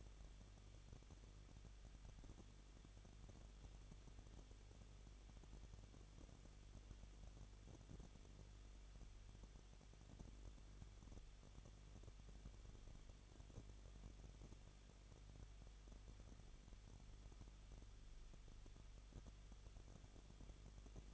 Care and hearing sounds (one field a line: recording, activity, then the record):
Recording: daily activity, microphone in the room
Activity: no activity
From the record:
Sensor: 4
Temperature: 23.0 degrees Celsius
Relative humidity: 34.3%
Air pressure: 1007.3 hPa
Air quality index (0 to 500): 217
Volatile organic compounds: 15 ppm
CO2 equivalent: 2515 ppm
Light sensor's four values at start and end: 2/3/1/1 and 2/3/1/1